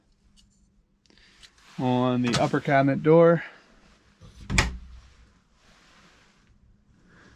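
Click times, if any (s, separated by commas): 4.5 s, 4.6 s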